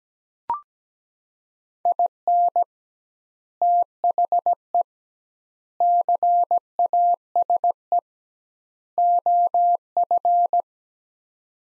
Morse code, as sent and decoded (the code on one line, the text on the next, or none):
.. -. / - .... . / -.-. .- ... . / --- ..-.
IN THE CASE OF